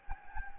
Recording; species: mosquito wingbeat signal from an infrared sensor; Anopheles gambiae